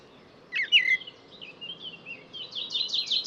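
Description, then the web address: A bird sings a quick whistled flourish, then a string of softer notes rising into a high, rapid twittering trill amid low steady noise. "cianscape birddata Deverinetal 2025 Bird Only Tu Me Tu Me"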